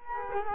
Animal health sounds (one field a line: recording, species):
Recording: mosquito wingbeat signal from an infrared sensor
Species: Culex quinquefasciatus